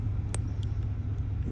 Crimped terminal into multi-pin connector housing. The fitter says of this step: and listen for a click